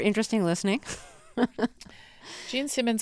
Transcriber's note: laughter